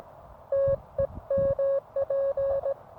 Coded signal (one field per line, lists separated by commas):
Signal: Morse code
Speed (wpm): 17 wpm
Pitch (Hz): 550 Hz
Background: none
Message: TEMP